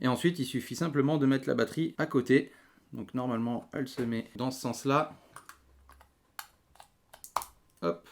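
Someone talks while a battery is put into the GoPro HERO 6 Black action camera, beside the memory card in its battery compartment, which has a plastic battery/card door. Short, sharp handling taps and clicks follow in the quieter second half. Nothing has seated or clicked home yet.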